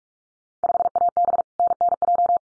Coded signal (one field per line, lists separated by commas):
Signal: Morse code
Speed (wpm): 46 wpm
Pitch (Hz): 700 Hz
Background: none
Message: 5AB NNJ